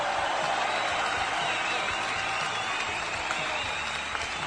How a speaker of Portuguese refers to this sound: Põe palmas aí. Palmas.